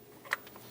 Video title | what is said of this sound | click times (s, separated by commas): How to Replace Intake Manifold Gasket Set 2003-2026 Chevrolet Express 2500 4.8L V8 | Install the connector to the top of the intake manifold. Push until you hear a click. | 0.3 s